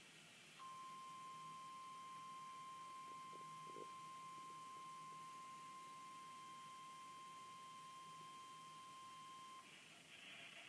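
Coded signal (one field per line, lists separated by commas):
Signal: Emergency Alert System (SAME) tones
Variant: 1050 Hz attention tone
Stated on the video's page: Test tornado watch and warning EAS alerts during a statewide tornado drill, aired on TV and radio.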